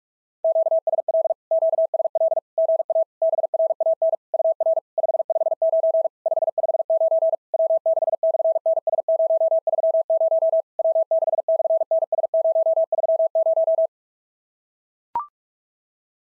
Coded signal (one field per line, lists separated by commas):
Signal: Morse code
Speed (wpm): 44 wpm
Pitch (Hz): 650 Hz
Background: none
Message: QSL QSL GA BRAN UR 559 559 W6/NS030 W6/NS030